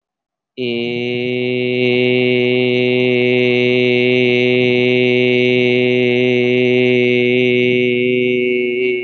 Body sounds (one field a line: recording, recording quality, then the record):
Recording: sustained vowel as in made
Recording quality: excellent, no background noise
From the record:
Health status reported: healthy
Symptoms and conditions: none ticked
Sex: male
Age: 26 years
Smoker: not ticked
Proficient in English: yes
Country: India